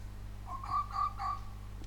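Fox barks, three short hoarse yelps in quick succession, over a low steady hum.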